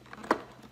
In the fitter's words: and you can kind of feel it snap into place and that's it